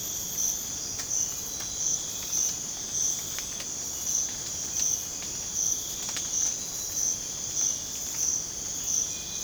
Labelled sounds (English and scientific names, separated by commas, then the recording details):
none
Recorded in dense forest near Puerto Asís, Putumayo, Colombia, on 25 June 2025 at 05:00
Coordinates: 0.486, -76.317
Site G065